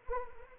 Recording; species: mosquito wingbeat signal from an infrared sensor; Anopheles arabiensis